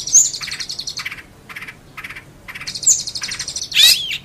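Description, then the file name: Long-tailed shrike song: harsh chattering bursts in separate groups, ending with a loud scratchy note. Master song recording used for training songbirds. "cendet master. omkicau"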